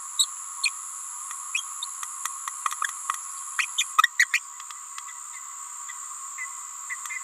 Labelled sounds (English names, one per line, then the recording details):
Green-rumped Parrotlet babbling
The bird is a female
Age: 28 days
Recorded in a nest box in Venezuela
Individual 17B31A3